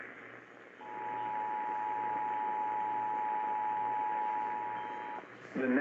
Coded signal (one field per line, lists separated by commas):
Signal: Emergency Alert System (SAME) tones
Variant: 853 and 960 Hz attention tone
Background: speech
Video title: Some more WWL... things (o yea and a dog is there) | EAS #58-60 (Flash Flood Warnings from 2/8/2023)